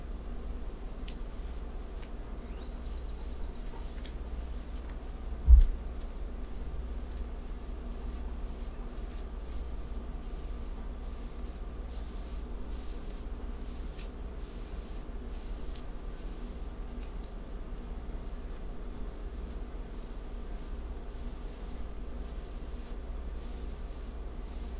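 Soft back scratching and fabric rubbing over a steady low hum, with faint brushing strokes that come and go throughout. A single dull thump lands around five seconds in, and a thin airy hiss rises between about twelve and seventeen seconds.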